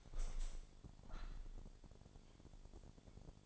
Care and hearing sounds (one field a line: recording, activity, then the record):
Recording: daily activity, microphone in the room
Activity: open window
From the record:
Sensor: 5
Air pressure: 1000.7 hPa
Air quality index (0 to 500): 150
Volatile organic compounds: 2 ppm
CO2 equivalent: 1149 ppm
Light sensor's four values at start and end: 39/91/38/41 and 39/91/38/41